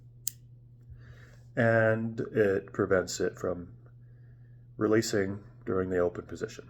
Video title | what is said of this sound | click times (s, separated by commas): Reate PL-XF Folding Knife | it's a nice tactile switch that makes a nice click | 0.3 s